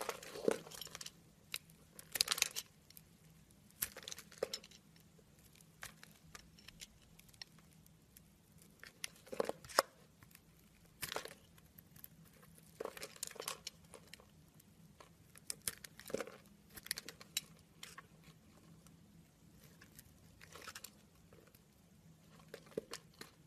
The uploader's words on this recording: This episode of the White Noise Podcast is SOAP CARVING.